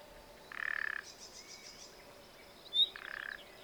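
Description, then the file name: Common nightingale song phrase: a harsh, buzzy pulsed block, then a rapid train of high ticking notes, a sharp whistle and a second buzzy burst, over faint background hiss. "Luscinia megarhynchos"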